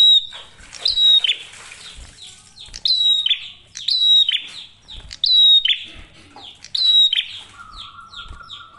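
Prinia song: repeated high whistled phrases with buzzy falling ends, somewhat irregular, and a steady mid-pitched tone appearing near the close.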